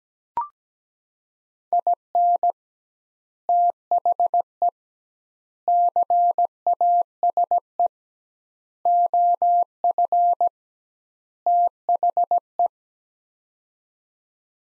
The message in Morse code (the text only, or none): IN THE CASE OF THE